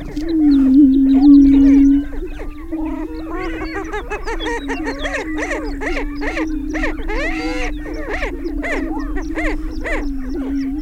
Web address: Laura's Natural Sounds Greater Prairie-Chickens